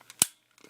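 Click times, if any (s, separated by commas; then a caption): 0.2 s. A part of a plastic Transformers Platinum Edition Weaponizer Ultra Magnus transforming figure is swung back and pressed into its locking tab on the figure body. It gives one sharp plastic snap at 0.2 s, with faint small clicks before and after. The part snaps into place and is seated.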